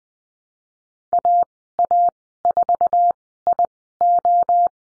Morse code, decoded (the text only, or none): AA4IO